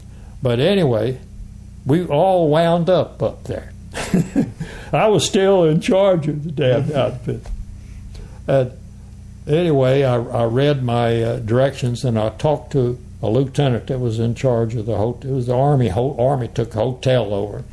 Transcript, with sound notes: But anyway, we all wound up there [Chuckling] I was still in charge [chuckles] of the damn outfit and anyway I, I read my directions and I talked to a lieutenant that was in charge of the hot…it was a army ho…the army took the hotel over,